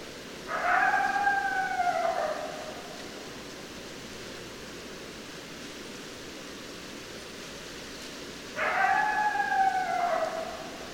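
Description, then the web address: Coyote howls: two long wavering notes, each about one and a half seconds, dropping slightly at the end and separated by about six seconds of hiss. Several coyotes, recorded 10 December 2012. "Coyote 2012 12 10 Coyotes 03"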